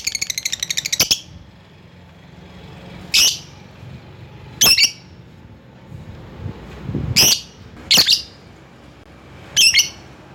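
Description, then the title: Lovebird calls: a rapid chattering burst at the start, then single harsh high shrieks at irregular gaps. Lovebird calling a rival. "Lovebird Memanggil Lawan"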